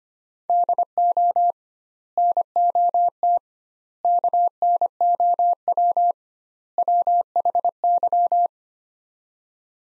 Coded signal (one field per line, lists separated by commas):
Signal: Morse code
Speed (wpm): 25 wpm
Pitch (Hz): 700 Hz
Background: none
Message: DO NOT KNOW WHY